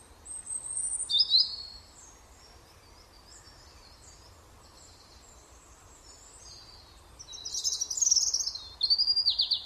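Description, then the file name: European robin singing short high warbled phrases, one brief burst early, then a longer sweeping, trilled phrase after a pause of several seconds; soft steady background noise. "Erithacus rubecula"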